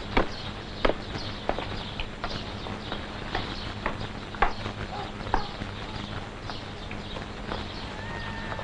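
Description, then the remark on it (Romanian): Hooves of Injun Joe's horse, in front of the café, clip-clop in an uneven walking rhythm, sharp hollow knocks repeating about once or twice a second over a steady low rumble, with no one talking. “Văzând calul lui Joe Indianul în fața cafenelei la gentlemanul obosit, îl socoti drept un semn al destinului.”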